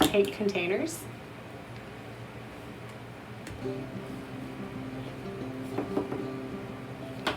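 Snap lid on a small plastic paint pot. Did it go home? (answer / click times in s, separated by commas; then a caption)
released / 3.5 s, 7.3 s. Someone talks at the start, then the snap lids of small plastic acrylic paint containers are pried loose one after another without being flipped fully open. Each lid clicks open, with sharp clicks at 3.5 s and 7.3 s.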